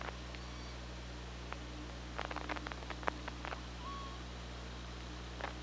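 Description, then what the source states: Killer whale clicks in scattered bursts with a brief flat whistle near the end, over a steady low hum and hiss. Recorded by OrcaLab hydrophone on 24 August 2017 at 15:43.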